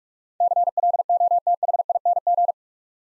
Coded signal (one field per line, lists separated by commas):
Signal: Morse code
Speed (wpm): 44 wpm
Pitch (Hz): 700 Hz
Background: none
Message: CLOTHING